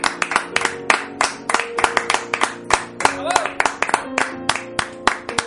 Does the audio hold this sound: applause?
yes